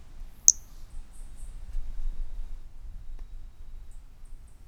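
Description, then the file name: Brachycephalus mirissimus toadlet producing one abrupt high-pitched chirp near the start, followed by faint soft ticks against a low background hum. Recorded 18 January 2018 from individual 12 at 20–50 cm; first note of the call missing; the specimen was collected. "Brachycephalus mirissimus 18 jan 18 individual 12 ex 01 20-50 cm first note missing M R Bornschein"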